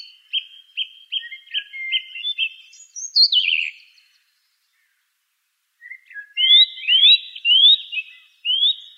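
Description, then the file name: Song thrush song with a short note repeated about six times, a harsh descending squeaky phrase, a silent gap, then rising whistled phrases repeated four times. "suara kicauan burung song thrush. omkicau"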